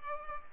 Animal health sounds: mosquito wingbeat signal from an infrared sensor; Culex pipiens

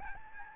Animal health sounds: mosquito wingbeat signal from an infrared sensor; Aedes albopictus

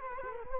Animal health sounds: mosquito wingbeat signal from an infrared sensor; Culex quinquefasciatus

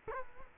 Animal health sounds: mosquito wingbeat signal from an infrared sensor; Culex quinquefasciatus

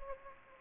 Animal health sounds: mosquito wingbeat signal from an infrared sensor; Anopheles gambiae

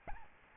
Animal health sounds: mosquito wingbeat signal from an infrared sensor; Aedes albopictus

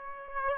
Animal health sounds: mosquito wingbeat signal from an infrared sensor; Aedes aegypti

